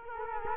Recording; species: mosquito wingbeat signal from an infrared sensor; Culex quinquefasciatus